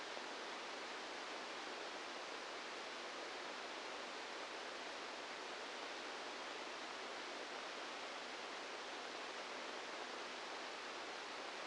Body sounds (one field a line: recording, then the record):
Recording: brain microelectrode recording played as sound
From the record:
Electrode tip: outside the subthalamic nucleus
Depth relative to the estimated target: -6 mm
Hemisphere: right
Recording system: NeuroSet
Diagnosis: Parkinson's disease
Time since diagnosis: 15 years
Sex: female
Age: 59 years